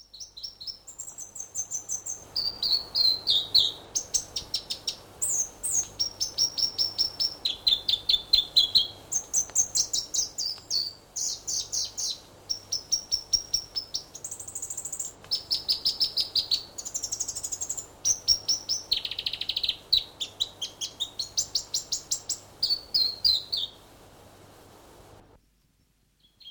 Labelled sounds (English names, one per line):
North Island Robin